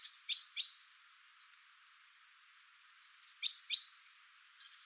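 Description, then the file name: Great tit calls: two bursts of sharp, high chirps about three seconds apart, with soft thin whistled notes scattered between. "Parus major"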